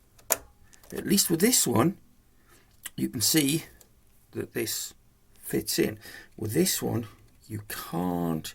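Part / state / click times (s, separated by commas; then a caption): memory module into motherboard DIMM slot / seated / 0.3 s. A memory module is pressed into its motherboard DIMM slot at one end until the retention clip clicks into place at 0.3 s, seating the stick. The sharp click is followed by someone talking for the rest of the clip.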